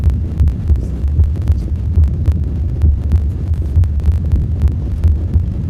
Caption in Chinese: 心慌，就是莫名其妙的心里咯噔了一下。 你会感觉心脏提前跳了一下。 它这个咯噔跳一下，因为那一瞬间会让你产生症状。 这个就是心脏，我们有时候咯噔咯噔跳一跳，就是出现了早搏。